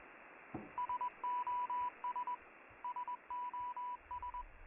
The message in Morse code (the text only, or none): SOS SOS